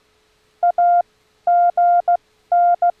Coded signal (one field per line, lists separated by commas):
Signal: Morse code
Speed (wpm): 16 wpm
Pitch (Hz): 700 Hz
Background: none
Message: AGN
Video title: Morse Code Learning/Practice: AGN (Again)